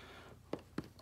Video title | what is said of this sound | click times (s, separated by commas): SEBO Dart Commercial Upright Vacuum Cleaner Demo - Vacuum Warehouse | want to hear it click in and there's | 0.5 s, 0.8 s